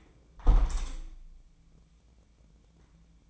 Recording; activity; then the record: daily activity, microphone in the room; close window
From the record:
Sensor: 1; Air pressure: 1012.3 hPa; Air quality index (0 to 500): 164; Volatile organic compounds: 3 ppm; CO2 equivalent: 1338 ppm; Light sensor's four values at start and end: 145/326/144/154 and 149/335/149/158